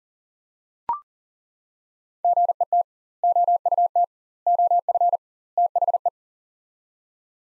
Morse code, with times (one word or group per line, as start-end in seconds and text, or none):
2.2-2.8 GET
3.2-4.0 OUT
4.5-5.2 OF
5.6-6.1 THE